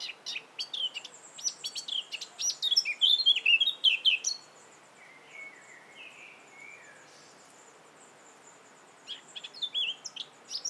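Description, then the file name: Eurasian blackcap giving rapid, high, clipped notes and a short scratchy warble, then soft gliding whistles and a few sharp ticks near the end. "Sylvia atricapilla"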